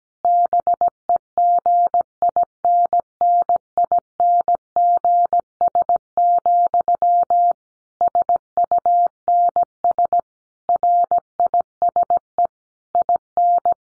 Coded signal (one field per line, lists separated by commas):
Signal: Morse code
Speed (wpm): 17 wpm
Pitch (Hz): 700 Hz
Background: none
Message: BEGINNINGS, SUNS RISE IN